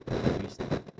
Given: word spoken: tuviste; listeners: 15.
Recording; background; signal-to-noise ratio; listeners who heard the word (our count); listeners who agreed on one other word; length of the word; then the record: one Spanish word in noise, from a listening test; noise modulated by one talker; -12.9 dB; 0 of 15; 6 of 15; 0.60 s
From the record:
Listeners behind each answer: 6, 3, 3, 1, 1, 1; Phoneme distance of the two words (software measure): 34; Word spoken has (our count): 3 syllables, 7 phonemes, stress on syllable 2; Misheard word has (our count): 2 syllables, 5 phonemes, stress on syllable 1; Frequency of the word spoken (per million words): 2.74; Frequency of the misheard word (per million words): 202.88